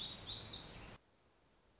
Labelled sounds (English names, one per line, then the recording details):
Black-throated Gray Warbler
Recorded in Sonoma County, California